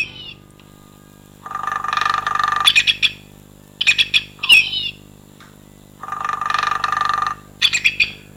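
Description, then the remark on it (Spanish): A woodpecker calls with two long, harsh, grating squawks, each trailed by a quick series of sharp, high chirps and clicks, loud and alone with no talking. “y escuché esta risa, yo pensaba que era un tío loco que estaba por allí haciendo el majara, hasta que luego ya me di cuenta que no, que era un pájaro carpintero.”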